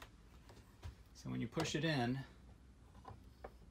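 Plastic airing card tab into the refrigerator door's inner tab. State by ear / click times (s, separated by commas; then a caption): seated / 3.5 s. Someone talks while a plastic airing card is pushed in on a Dometic refrigerator door until its tab engages the small tab inside the door, holding the door slightly open. After faint ticks, a short, sharp little click is heard at about 3.5 s as the tab engages and the card is seated.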